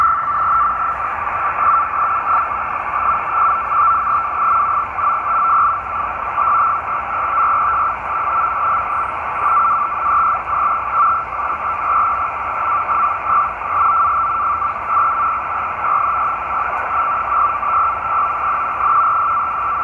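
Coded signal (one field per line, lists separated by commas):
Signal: NAVTEX (SITOR-B)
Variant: 100 baud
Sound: continuous fast warbling two-tone chirp, like rapid teletype chatter, over hiss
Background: radio static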